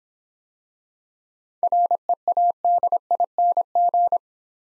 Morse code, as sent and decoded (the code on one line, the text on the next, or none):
.-. . .- -.. .. -. --.
READING